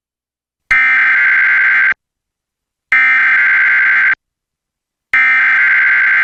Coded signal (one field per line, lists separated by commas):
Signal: Emergency Alert System (SAME) tones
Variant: header bursts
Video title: KELO (CBS, Sioux Falls, SD) Severe Weather Coverage (Sat. 8/28/2021 - 4:35-5:55 P.M.) (w/EAS Alerts)